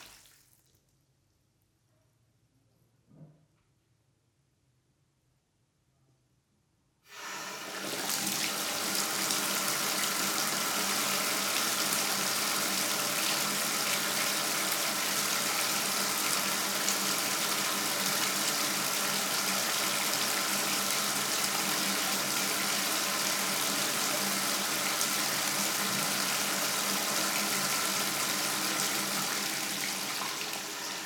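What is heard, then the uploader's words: Near-silence with a brief knock around three seconds, then bathtub water bursts on at seven seconds and runs in a steady, dense, bright rush. Running Water, Bathtub.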